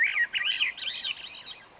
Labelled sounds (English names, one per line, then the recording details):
Swainson's Thrush
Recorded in Sonoma County, California